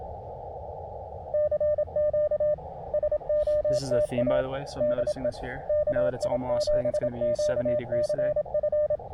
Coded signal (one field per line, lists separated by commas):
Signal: Morse code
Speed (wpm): 27 wpm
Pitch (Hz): 600 Hz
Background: speech, radio noise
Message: CQ SOTA DE KI7QCF